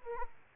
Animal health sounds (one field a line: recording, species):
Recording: mosquito wingbeat signal from an infrared sensor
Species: Aedes aegypti